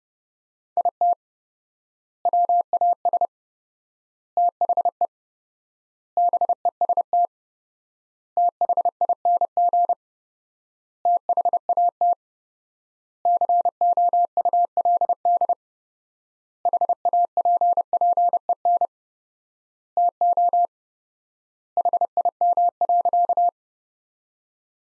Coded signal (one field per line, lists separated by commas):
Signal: Morse code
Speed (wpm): 30 wpm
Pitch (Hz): 700 Hz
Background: none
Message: IT WAS THE BEST THING THAT COULD HAPPEN TO HIM.